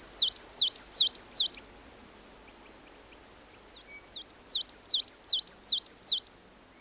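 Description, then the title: Coal tit song: high, bouncing two-part notes repeated briskly in two bursts, with a quiet gap between them. "Viikon luontoääni: Kuusitiainen"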